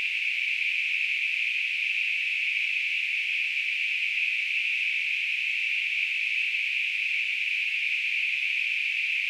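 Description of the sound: Simulated tinnitus: a steady, continuous hiss of narrow-band noise centred around 2.5 kHz, with no low-frequency content, holding an even level throughout.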